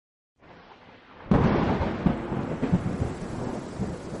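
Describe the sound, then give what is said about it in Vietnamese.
Steady heavy rain hisses at midnight, then a sharp crack of thunder bursts in and rumbles on, loud and broad, with the downpour continuing underneath. No voices. “Nửa đêm hôm ấy, trời đổ một trận mưa to. Tiếng sét đánh ầm ầm khiến cho cái Phong giật mình tỉnh giấc.”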